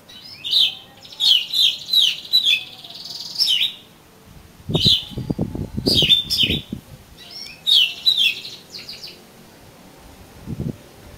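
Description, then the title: Oriental magpie-robin song: bursts of bright whistled and chirping phrases, some rapid and warbled, with a few low thumping knocks in the middle and near the end. "Kacer Kacer"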